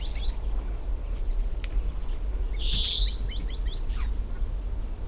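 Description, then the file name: European greenfinch giving a long buzzy wheeze amid quick twittering chirps, with a steady low rumble underneath. "Chloris chloris"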